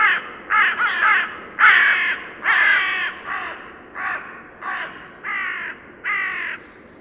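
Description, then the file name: Carrion Crow giving a series of about ten harsh, hoarse caws, loud at first and gradually weaker. "Corvus corone"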